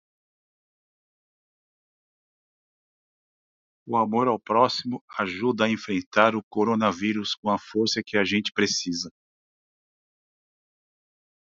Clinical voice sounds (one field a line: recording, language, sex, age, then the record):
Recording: spoken sentence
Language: Brazilian Portuguese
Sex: male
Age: 50 to 59 years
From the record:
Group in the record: control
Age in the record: 53 years